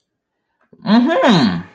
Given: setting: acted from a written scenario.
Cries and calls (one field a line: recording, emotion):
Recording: vocal sound without words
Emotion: interest